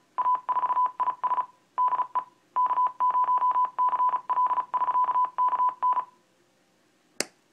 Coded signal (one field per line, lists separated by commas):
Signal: Morse code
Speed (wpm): 36 wpm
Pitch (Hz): 1000 Hz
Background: none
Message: A4IS DE K0CL <SK> KN